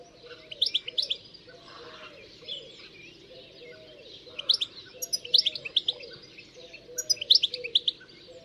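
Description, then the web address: Bird song: three high, fast twittering phrases spaced a few seconds apart, over softer repeated lower tonal notes. "Deverinetal. Bird Only"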